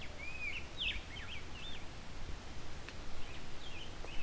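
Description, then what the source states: Rose-breasted Grosbeak with a brief, subdued run of sweet, looping whistled notes, a few fainter notes trailing after, amid low rumbling background. Male, shy, fairly close up; subdued, not wholehearted song, singing quietly to himself.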